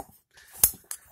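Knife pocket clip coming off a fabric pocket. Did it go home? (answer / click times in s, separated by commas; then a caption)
released / 0.6 s, 0.9 s. A Y-START LK5010 folding knife, an upswept, almost Persian-style blade with ceramic ball bearings, is pulled out of a fabric trouser pocket. Its spring steel pocket clip snaps back against the handle with a sharp snap at 0.6 s and a lighter click at 0.9 s. The clip releases cleanly, showing its springiness.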